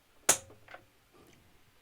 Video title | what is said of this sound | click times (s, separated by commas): BIQU Pixel L Review | that wasn't the plastic cracking that was the nozzle wrench clicking | 0.3 s